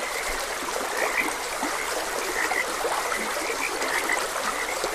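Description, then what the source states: Frog chorus of quick repeated chirping croaks, with a few louder notes standing out above the constant babble of a stream. Several frogs croaking beside a gentle stream.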